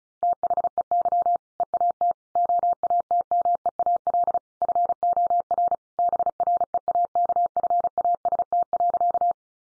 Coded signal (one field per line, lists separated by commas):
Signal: Morse code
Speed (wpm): 34 wpm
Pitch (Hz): 700 Hz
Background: none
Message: THEY EAT OATMEAL FOR BREAKFAST.